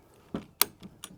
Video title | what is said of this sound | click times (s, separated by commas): Wild Badger 4 in 1 Weed Eater | that's locked into place. | 0.6 s